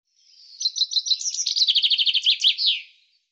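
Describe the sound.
Common chaffinch song: a single bright phrase of rapid repeated notes, descending through a rattling trill and ending in a quick flourish, on a silent background.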